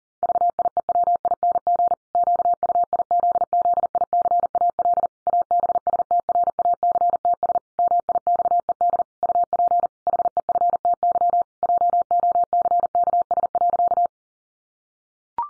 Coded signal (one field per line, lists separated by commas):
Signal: Morse code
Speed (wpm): 40 wpm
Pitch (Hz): 700 Hz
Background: none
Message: VIEWING QUIZZICAL ABSTRACTS MIXED UP HEFTY JOCKS.